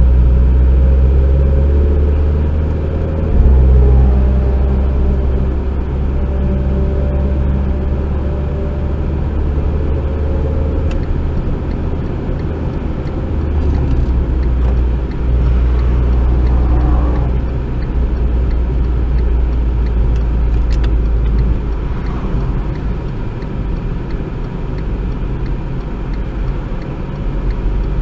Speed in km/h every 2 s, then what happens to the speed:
50, 60, 63, 68, 72, 77, 77, 60, 61, 59, 55, 51, 50, 48.
1-10 speeds up to 77. 12-14 brakes to 60. 17-28 slows to 48.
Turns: none.